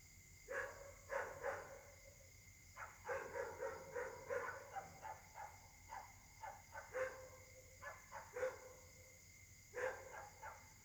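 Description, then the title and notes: Dogs barking almost continuously in uneven bursts, with a steady high hum underneath. Many dogs barking at night, described as a dog concert troubling residents, Caltex, 3 Mares, Réunion; recorded on a Samsung Galaxy S8 smartphone with a partly clogged left microphone. "Caltex, 3 mares, Réunion. La nuit s'annonce difficile pour les habitants: concert de chiens"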